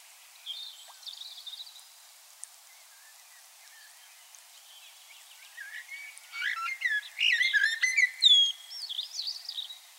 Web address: SETE data Turdus merula